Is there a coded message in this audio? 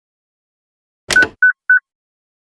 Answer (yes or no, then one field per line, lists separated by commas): no